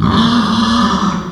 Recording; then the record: squeal of a Yucatan mini pig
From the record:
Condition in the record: after surgery on the right vocal fold (resection and tissue-engineered implant); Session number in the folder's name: 16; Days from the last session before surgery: 183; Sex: female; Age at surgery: 19 weeks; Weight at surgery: 25 kg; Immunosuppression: prednisolone